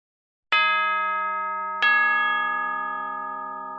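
A bell strikes twice not far away, each loud, bright metallic clang followed by a long, slowly fading ring with rich overtones. No voices are present.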